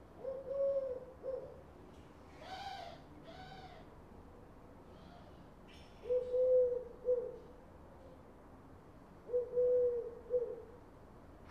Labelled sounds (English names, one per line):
Eurasian Collared Dove